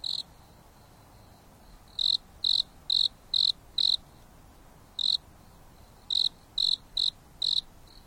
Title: There is a gentle breeze blowing on the top of the mountain under the starry sky, and the insects are singing leisurely.